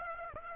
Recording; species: mosquito wingbeat signal from an infrared sensor; Aedes aegypti